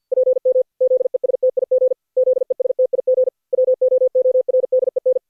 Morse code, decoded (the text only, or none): PM ZESTIG ZESTIG WOORDEN